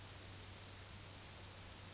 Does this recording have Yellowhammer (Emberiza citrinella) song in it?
no